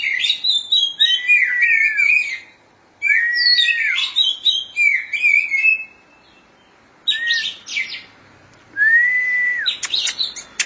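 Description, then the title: Oriental magpie-robin singing in bursts of fast, varied warbled and chirping notes separated by short pauses, with a single long, level whistle near the end. "Suara Kicauan Burung Kacer"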